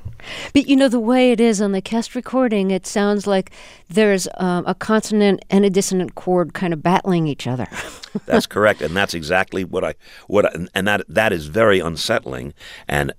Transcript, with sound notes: But, you know, the way it is on the cast recording, it sounds like there's a consonant and a dissonant chord kind of battling each other (laughter).
That's correct, and that's exactly what I - and that is very unsettling,